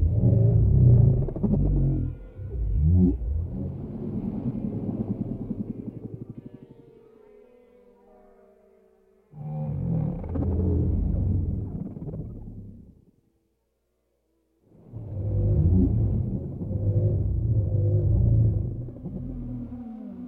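Whale sounds come in three long, low swells, each a rumbling groan with wavering tones and moaning calls that rise and fall. The first fades slowly by about seven seconds, then two more surge in after short near-silent gaps around nine and fifteen seconds.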